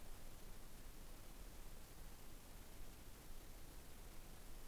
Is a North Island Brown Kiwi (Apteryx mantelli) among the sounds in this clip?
no